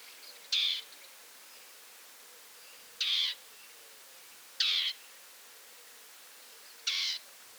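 Dartford warbler giving short, harsh, buzzy churring notes, four in all at uneven gaps of roughly two seconds, against a quiet background.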